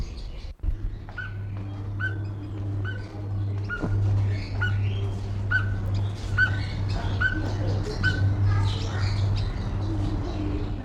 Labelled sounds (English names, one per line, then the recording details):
Speckled Tinkerbird call
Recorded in captivity
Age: adult
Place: Zoo Berlin, Berlin, DE
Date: 1994-08-06 12:09
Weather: wolkig bis heiter, 24-28°C
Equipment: Marantz CP 430, Sennheiser ME 80, Kopie Uher Variocord 263
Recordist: Tembrock, Günter